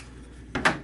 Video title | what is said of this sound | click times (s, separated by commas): Doubutsu Sentai Zyuohger - DX ZyuohWild 4*5*6 | you want to click his face forward once as well | 0.6 s